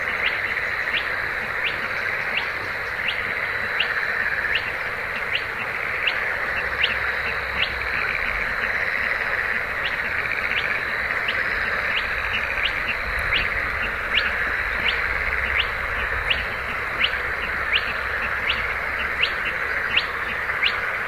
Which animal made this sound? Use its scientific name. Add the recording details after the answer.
Porzana porzana. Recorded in the wild. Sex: male. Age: adult. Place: Zarnekow, Peenetal, Mecklenburg-Vorpommern, DE. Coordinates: 53.8764, 12.8739. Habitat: wetland. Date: 2010-06-09. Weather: fair, 20°C, weak easterly winds. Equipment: Sound Devices 702, Sennheiser MKH 70, Rycote Windschutz. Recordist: Frommolt, Karl-Heinz. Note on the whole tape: Polder Zarnekow-Upost: Rufe von zwei Tüpfelsumpfhühnern auf genommen vom Hafen Dargun. Entfernung ca. 300 m